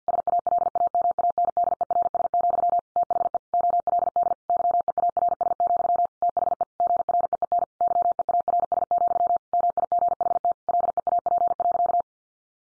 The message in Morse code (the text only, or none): SALAMANDERS, THE OLD YEARS, THE GREEN YEARS, MIGHT LEAP.